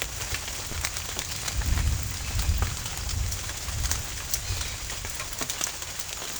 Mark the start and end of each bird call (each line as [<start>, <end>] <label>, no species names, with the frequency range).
[2.15, 2.45] bird call (2.0-4.2 kHz)
[4.40, 4.78] bird call (1.7-6.8 kHz)